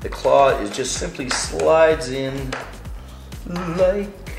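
A claw piece, likely plastic, is being slid into the base of a suction mount while someone talks over low, steady background tones. The claw has not yet seated or clicked into place by the end of the clip.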